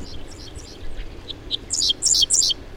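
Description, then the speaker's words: Dickcissel song, a few short high notes followed by a quick burst of high syllables. Edge of an alfalfa field, Boulder County, Colorado; July 2006, a drought year; many dickcissels present that year; song likened to lisping its name. "That's a dickcissel we're hearing right now."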